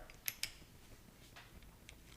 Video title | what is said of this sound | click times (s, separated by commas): Angel A1 Fly Tech - Part 1 | And then it should snap back on, as you notice. | 0.3 s, 0.4 s